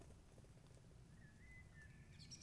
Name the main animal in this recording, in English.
Song Thrush